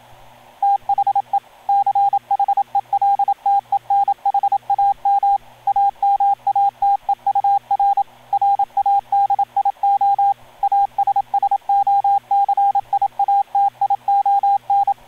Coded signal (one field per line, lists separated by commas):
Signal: Morse code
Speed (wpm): 27 wpm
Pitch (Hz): 800 Hz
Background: radio noise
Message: THE CHELTENHAM AMATEUR RADIO ASSOCIATION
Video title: cara promotional video - sdr sequence.movie.wmv